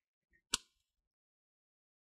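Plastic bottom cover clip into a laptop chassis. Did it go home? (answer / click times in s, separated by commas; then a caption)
yes / 0.5 s. The plastic bottom cover of a Lenovo V330 laptop is put back on after a RAM upgrade, and a corner is pushed down so its plastic clips snap into the chassis. A faint tick near 0.3 s comes just before one sharp, bright click at 0.5 s, which then fades quickly into silence. The clip seats home, the click that is meant to be heard.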